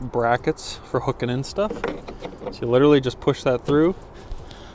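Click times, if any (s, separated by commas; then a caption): 4.5 s. Someone talks while a small hook-in mounting bracket for a Roam Quick Mount on a roof-rack Roam 83L case is pushed through and pressed down. A short sharp click at 4.5 s marks the bracket popping into place and pinching there, seated.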